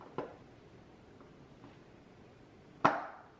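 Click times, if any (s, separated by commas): 2.9 s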